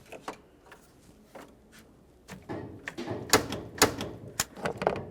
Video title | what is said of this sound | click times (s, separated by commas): How to Replace AC Condenser 2012-2018 Nissan Altima 2.5L L4 | Let's continue on to sliding this down into position and listen for a click along both sides. | 3.3 s, 3.8 s